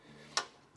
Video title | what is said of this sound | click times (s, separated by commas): PRODUCT HIGHLIGHT: VersaFlex Bed Rack for Revel Vans | uh O-rings that snap right into place so you can hang things on there | 0.4 s